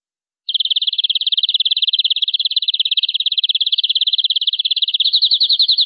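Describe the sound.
Canary singing a long, fast, buzzy trill of rapid even pulses for about five seconds, shifting to slightly slower, fuller notes near the end.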